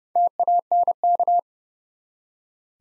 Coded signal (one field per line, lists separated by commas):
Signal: Morse code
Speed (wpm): 31 wpm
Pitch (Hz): 700 Hz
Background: none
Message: TANK